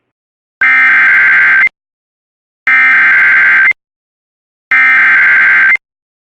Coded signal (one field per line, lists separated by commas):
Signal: Emergency Alert System (SAME) tones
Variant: header bursts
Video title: EAS #59-63: 5 Severe T-storm Warnings